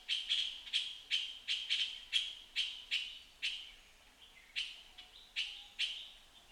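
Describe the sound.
Puff-throated bulbul uttering harsh, buzzy chattering notes in quick irregular series, about two per second, pausing briefly before a few more rasping bursts.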